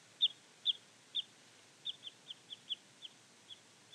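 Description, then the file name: Parrot crossbill giving a series of short, sharp call notes, louder at first and then softer, against a steady background hiss. "Jelmer Poelstra - Klyost-sosnovik Loxia pytyopsittacus (Zvyki com)"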